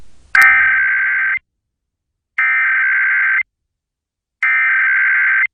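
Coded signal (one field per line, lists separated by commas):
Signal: Emergency Alert System (SAME) tones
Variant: header bursts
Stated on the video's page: SAME header tones from the national periodic EAS test aired on WBAL 1090 AM, recorded through an app.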